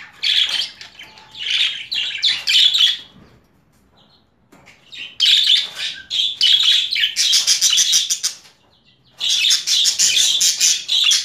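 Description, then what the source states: Budgerigar chatter in three bursts of fast, buzzy chirps, separated by quiet gaps. Female budgerigar; mixed sounds.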